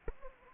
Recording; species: mosquito wingbeat signal from an infrared sensor; Anopheles arabiensis